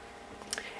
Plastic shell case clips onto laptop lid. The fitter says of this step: down and you're gonna snap in the top section so you're going to open it up